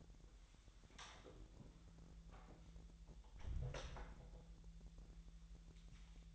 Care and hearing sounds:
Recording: daily activity, microphone in the room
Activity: close door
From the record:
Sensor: 3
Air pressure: 1001.4 hPa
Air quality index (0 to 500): 248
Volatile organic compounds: 150 ppm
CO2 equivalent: 4022 ppm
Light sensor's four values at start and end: 13/31/13/13 and 13/31/13/13

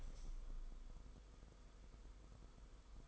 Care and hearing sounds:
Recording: daily activity, microphone in the room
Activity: open window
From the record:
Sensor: 5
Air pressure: 990.5 hPa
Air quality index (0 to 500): 164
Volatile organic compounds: 306 ppm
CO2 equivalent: 4494 ppm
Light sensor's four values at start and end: 17/40/16/18 and 17/40/16/18

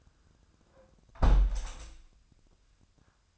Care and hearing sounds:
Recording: daily activity, microphone in the room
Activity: close window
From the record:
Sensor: 2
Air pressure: 1004.5 hPa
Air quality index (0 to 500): 117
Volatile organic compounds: 3 ppm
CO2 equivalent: 1421 ppm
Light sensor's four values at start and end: 6/14/6/6 and 6/14/5/6

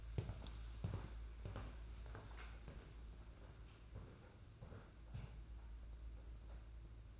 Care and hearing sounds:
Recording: daily activity, microphone in the room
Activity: walk to room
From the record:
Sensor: 2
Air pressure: 991.9 hPa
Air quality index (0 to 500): 233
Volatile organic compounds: 1000 ppm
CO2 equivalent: 7834 ppm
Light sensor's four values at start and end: 13/43/16/16 and 18/57/22/21

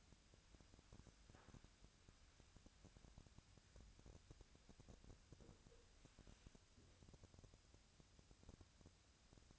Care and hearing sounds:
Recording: daily activity, microphone in the room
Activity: wipe stove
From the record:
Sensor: 2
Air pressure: 1006.9 hPa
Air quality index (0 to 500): 198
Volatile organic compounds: 14 ppm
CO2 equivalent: 2431 ppm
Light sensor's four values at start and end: 9/23/10/10 and 9/23/9/10

